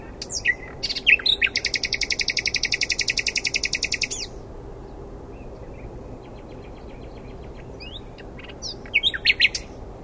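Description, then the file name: Common nightingale song: clicking notes, then a long fast rattling trill of repeated buzzy notes, a quiet pause with soft ticks, then sharp chirps near the end. "Luscinia megarhynchos"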